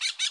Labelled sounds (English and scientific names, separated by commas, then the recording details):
Brown-throated Parakeet (Eupsittula pertinax) contact call
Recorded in Bonaire
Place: 1 km N of power plant, rd to Republiek
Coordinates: 12.184, -68.285